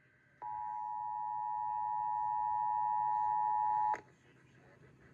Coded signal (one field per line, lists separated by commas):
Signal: Emergency Alert System (SAME) tones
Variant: 853 and 960 Hz attention tone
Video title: [Child Abduction Emergency from Austin, Texas] - EAS #70